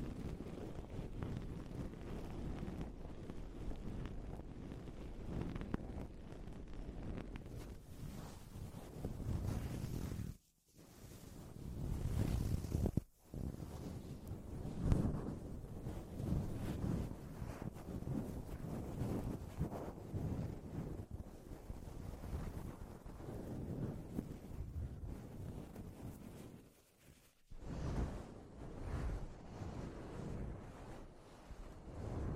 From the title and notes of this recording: TimASMR- strong ear attention Grab the microphone slowly. (no talking).